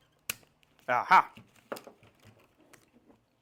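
On a BMW E46, the old factory fuel pump is pushed so the ridge on its side unclips from the plastic in-tank pump housing, with one side already freed. A sharp click at 0.3 s marks the pump releasing from its holder. Someone then talks.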